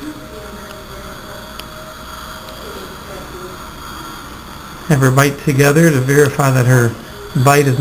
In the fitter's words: so we're just going to go ahead and insert this snap it into place